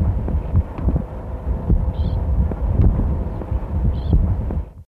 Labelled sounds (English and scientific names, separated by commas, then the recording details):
Mediterranean Short-toed Lark (Calandrella rufescens) call
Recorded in the wild
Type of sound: call
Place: Aliki, GR
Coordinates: 36.9985, 25.1367
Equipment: Halbspur, 9,5 cm/s
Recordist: Lütgens, Hans
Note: Lockrufe